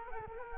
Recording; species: mosquito wingbeat signal from an infrared sensor; Culex quinquefasciatus